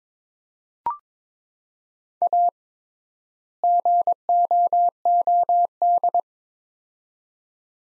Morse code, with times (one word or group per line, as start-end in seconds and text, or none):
2.2-2.5 A
3.6-6.2 GOOD